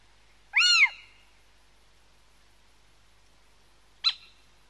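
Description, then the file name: Little owl giving one mewing, rise-and-fall call, followed about three seconds later by a brief sharp yelp. "mocho galego"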